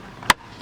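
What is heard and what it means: A plastic interior door trim panel by the door handle on a 2013 Toyota Yaris is pushed back into its car door clips one-handed. A sharp, loud click at 0.3 s shows it snapping in, with fainter sounds just before and near the end. The panel is seated and attached.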